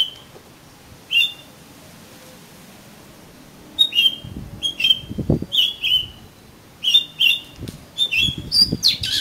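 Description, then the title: Oriental magpie-robin song: a lively string of varied whistled and twittering notes after a quiet start, with soft low thuds in the background. "Kacer Kacer"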